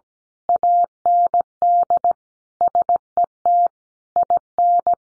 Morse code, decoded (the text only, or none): AND SET IN